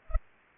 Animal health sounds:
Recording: mosquito wingbeat signal from an infrared sensor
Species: Culex pipiens

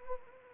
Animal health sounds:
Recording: mosquito wingbeat signal from an infrared sensor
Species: Anopheles arabiensis

